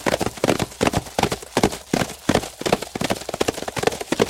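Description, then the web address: Horses galloping, a dense run of hoofbeats thudding in quick uneven clusters without pause. A group of horses galloping. "galop dun groupe de chevaux"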